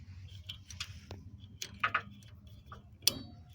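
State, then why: Seated. A wiring connector is pushed onto the terminal of an added third low-tone disc horn on a 1998–2002 Toyota Corolla, with several small handling ticks and clicks before it. It snaps in with a sharp click at 3.1 s, and the connector is seated on the horn.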